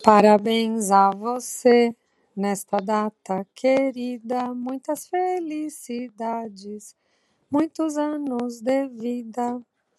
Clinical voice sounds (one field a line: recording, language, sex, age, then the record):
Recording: short text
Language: Brazilian Portuguese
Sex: female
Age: 50 to 59 years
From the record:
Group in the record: control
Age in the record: 56 years